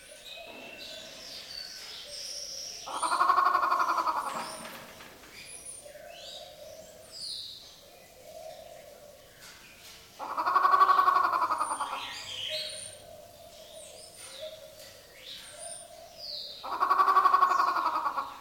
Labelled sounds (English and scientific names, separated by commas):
Grey Peacock-Pheasant (Polyplectron bicalcaratum)